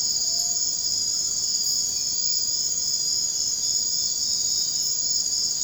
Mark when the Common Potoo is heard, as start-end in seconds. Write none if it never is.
0.00-0.60